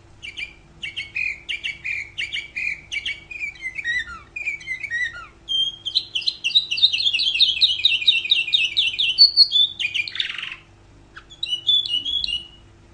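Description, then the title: Canary song of quick repeated chirps that merge into a dense, rolling high trill, a short buzzy rattle near ten seconds, then a few closing twitters. "Kenari"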